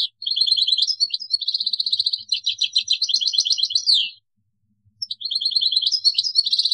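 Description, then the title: European goldfinch song, continuous rapid liquid twitters and buzzy trills for about four seconds, brief silence, then the twittering resumes. "Chant Chardonneret"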